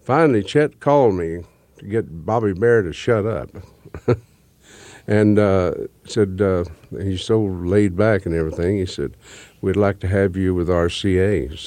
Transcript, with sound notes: Finally, Chet called me to get Bobby Bare to shut-up. (Soundbite of laughter) And said he's so laid-back and everything, he said, we'd like to have you with RCA.